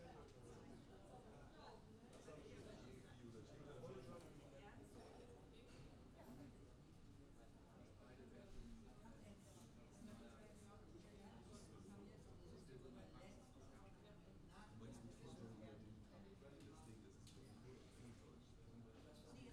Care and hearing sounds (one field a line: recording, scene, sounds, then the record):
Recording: everyday scene through a hearing-aid microphone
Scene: many people talking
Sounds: many voices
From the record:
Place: university cafeteria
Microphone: in the ear canal, left